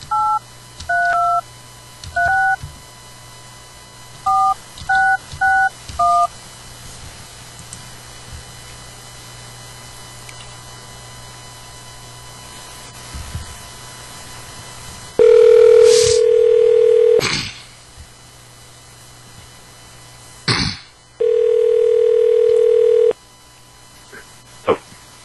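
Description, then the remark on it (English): A phone call to guitarist Marzi Montazeri is dialed with two quick runs of touch-tone beeps, then after a pause the line rings twice with long, steady ringback tones over a low hum. “Let's give Marcy a call and see what that bad motherfucker's been up to.”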